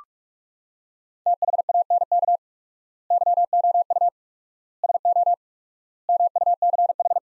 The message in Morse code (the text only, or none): THANK YOU SO MUCH